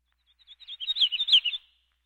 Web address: Colima Warbler